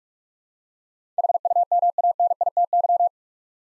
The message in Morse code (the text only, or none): HUMANITY